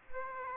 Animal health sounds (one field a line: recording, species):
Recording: mosquito wingbeat signal from an infrared sensor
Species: Aedes aegypti